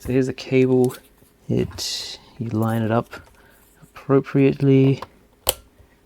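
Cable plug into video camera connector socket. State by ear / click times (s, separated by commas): seated / 5.5 s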